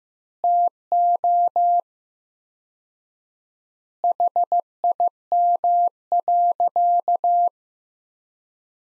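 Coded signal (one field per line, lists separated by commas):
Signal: Morse code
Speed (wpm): 15 wpm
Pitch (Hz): 700 Hz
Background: none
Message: TO HIM.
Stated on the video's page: Morse sentence practice from the top 400 words at 15 wpm with 4x word spacing, a Farnsworth-like method.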